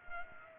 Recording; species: mosquito wingbeat signal from an infrared sensor; Culex pipiens